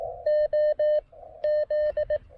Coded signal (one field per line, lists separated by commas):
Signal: Morse code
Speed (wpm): 15 wpm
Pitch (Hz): 590 Hz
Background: none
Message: O Z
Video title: QRP POTA: More Xiegu G106 time and I even rope in Brooks to log for me!